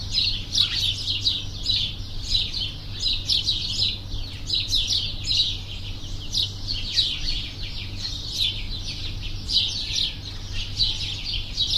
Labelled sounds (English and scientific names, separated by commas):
House Sparrow (Passer domesticus) call